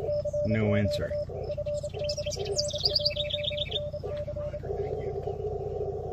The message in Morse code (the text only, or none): CQ FD N1NC